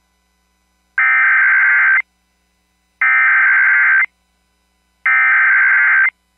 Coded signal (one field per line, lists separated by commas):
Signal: Emergency Alert System (SAME) tones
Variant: header bursts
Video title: Mississippi and Louisiana still want some... | EAS Alerts from 11/24/2022 (EAS #2007-2029)